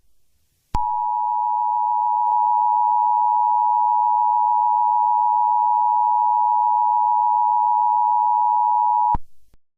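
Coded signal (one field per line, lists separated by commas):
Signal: Emergency Alert System (SAME) tones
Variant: 853 and 960 Hz attention tone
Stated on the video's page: Fictional EAS scenario for a winter storm, with voice actors.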